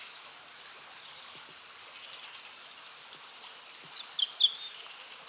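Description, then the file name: European robin song: faint, high, thin notes repeated at first, then a louder twittering flourish of sliding whistles near the end, over soft hiss. "Erithacus rubecula"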